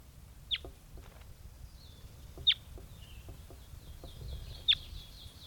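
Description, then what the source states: Crossbill calls, single sharp high chips roughly every two seconds, three in all, with faint softer notes and a low background hum. Captive female crossbill in the bottom cage, believed to be number 80, caught in a net; recorded around 8:30.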